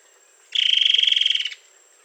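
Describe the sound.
Bird giving a rapid pulsed trill, high and steady in pitch, about one second long, over a faint high hiss.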